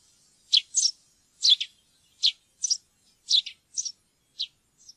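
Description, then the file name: Eurasian tree sparrow calls: bright, clipped chirps, some doubled, given at an uneven pace. "pilfink"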